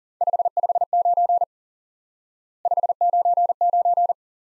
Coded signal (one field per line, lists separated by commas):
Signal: Morse code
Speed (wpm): 40 wpm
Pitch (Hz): 700 Hz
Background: none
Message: 559 599